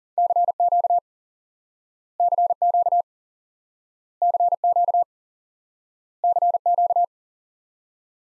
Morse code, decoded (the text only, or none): CQ CQ CQ CQ